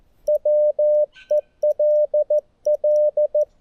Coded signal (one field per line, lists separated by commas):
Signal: Morse code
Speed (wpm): 15 wpm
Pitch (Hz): 600 Hz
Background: none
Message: WELL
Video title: Portable Morse Code QRS Night, PoLo App & Bug QSO!